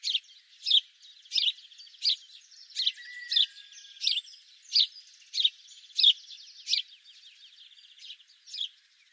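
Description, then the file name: House sparrow giving repeated loud, scratchy chirps about every half second to second, with faint chattering in between. "Passer domesticus"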